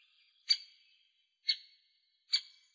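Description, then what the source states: Great spotted woodpecker calls: three sharp, high single 'kick' notes spaced about one second apart. Slovenia.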